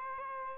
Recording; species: mosquito wingbeat signal from an infrared sensor; Aedes albopictus